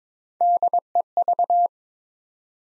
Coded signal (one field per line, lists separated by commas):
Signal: Morse code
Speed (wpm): 23 wpm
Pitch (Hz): 700 Hz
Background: none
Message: DEV